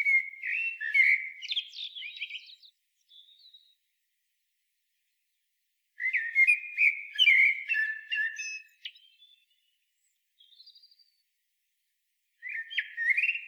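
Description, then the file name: Common blackbird song: two loud, mellow fluted phrases, each trailing into a high squeaky twitter, quiet warbles between, and a third phrase starting at the end. "Turdus merula"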